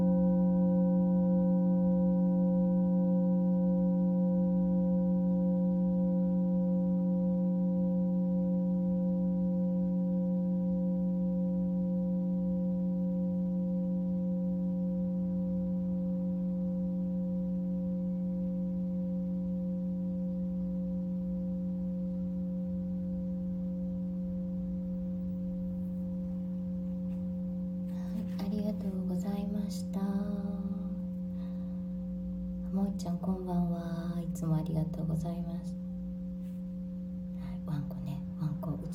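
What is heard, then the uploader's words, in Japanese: A singing bowl rings with a steady, low hum and several clear overtones that sustain throughout, fading only slightly over time. Around 28 seconds and again near 33 seconds, a voice speaks briefly over the ringing tone. 10分間のシンギングボウルライブ。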